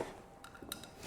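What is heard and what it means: After a first try that did not lock, a 1157 LED bulb cluster is turned to a new orientation and pushed into a motorcycle turn signal housing socket. Faint plasticky ticks lead up to one sharp, short click at 0.7 s as the bulb locks in, with a softer tick just after. The bulb is seated in the socket.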